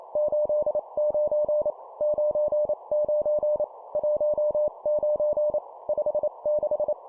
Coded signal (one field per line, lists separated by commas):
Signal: Morse code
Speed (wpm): 28 wpm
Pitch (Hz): 600 Hz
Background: none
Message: 89 99 19 56